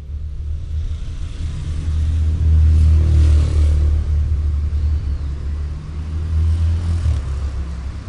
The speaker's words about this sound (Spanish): Vuelve al auto y pone seguros en todas las puertas. Pisa el acelerador. Y se va.